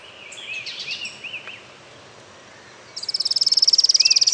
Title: LuckyPassaro Completos2Sama. Streak-capped Antwren (Terenura maculata)